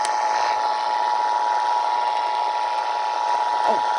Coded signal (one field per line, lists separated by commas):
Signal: Emergency Alert System (SAME) tones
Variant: 853 and 960 Hz attention tone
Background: speech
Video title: California AMBER Alert from Sacramento (11/12/21) (EAS #1,158)